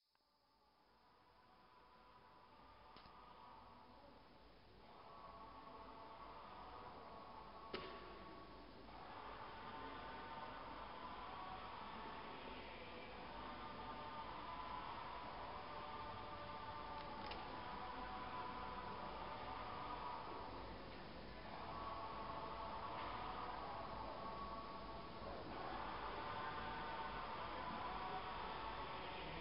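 Small Buddha boxes play repeating mantras quietly in a temple, the sound fading in over the first few seconds, then holding steady. The thin, muffled chant loops every few seconds, several recordings overlapping into a dense hum, with a faint click near eight seconds.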